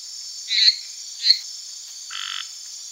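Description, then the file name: Lesser treefrog calls: two short bright notes, then a lower buzzy note, over a steady high insect hum. "Hyla minuta"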